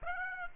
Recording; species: mosquito wingbeat signal from an infrared sensor; Aedes aegypti